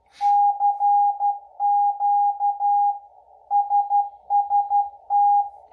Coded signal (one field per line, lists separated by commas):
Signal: Morse code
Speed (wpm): 12 wpm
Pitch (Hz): 820 Hz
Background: none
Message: CQ SST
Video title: NOVICE CW OPERATOR TRYING THE K1USN SST